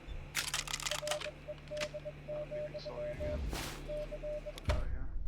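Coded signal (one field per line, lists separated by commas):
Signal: none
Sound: gunfire in a game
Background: speech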